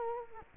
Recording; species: mosquito wingbeat signal from an infrared sensor; Culex quinquefasciatus